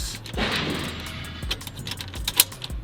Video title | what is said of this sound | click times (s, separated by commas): BUILDING A WHOLE GARDEN ROOM FROM A BOX | long length for the hinges until it clicks | 2.4 s